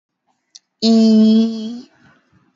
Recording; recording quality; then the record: sustained vowel as in beet; excellent, no background noise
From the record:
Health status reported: healthy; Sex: female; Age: 26 years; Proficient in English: yes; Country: India